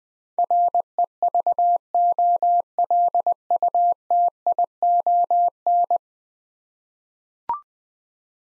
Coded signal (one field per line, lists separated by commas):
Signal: Morse code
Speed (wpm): 21 wpm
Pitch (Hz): 700 Hz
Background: none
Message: REVOLUTION